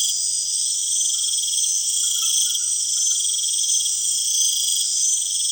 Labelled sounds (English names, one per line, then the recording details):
none
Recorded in secondary vegetation near Puerto Asís, Putumayo, Colombia, on 25 June 2025
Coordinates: 0.488, -76.319
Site G094